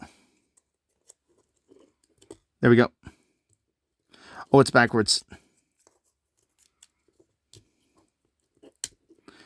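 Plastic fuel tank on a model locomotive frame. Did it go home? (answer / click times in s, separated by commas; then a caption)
yes / 8.8 s. Someone talks while handling a plastic fuel tank for an N scale C420 model locomotive, finds it is backwards, turns it around, and presses it onto the locomotive frame, with faint handling ticks along the way. A sharp, loud click at 8.8 s marks the fuel tank snapping into place.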